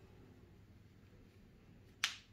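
A snap fastener on a fabric earband is pressed closed while the earband is put on. Low, quiet background noise gives way to a single sharp snap at 2.0 s, and the fastener is seated.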